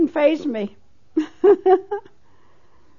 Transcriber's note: she laughs